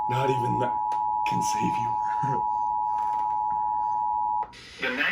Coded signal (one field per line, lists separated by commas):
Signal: Emergency Alert System (SAME) tones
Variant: 853 and 960 Hz attention tone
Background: speech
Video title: BIG TIME KWO35... EAS Alerts from 7/22-23/20 (EAS 3151-3228)